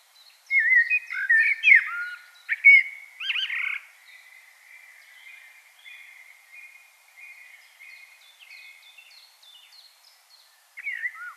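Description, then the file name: Common blackbird song: a loud burst of varied fluty warbles and slurred notes, trailing into soft high twittering, then a new phrase begins near the end. "Turdus merula"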